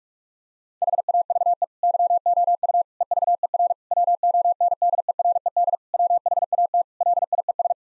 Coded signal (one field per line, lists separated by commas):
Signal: Morse code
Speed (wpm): 46 wpm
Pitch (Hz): 700 Hz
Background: none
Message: HAVE YOU EVER WONDERED WHAT LIES